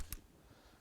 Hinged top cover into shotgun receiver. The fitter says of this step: locks into place has RPD style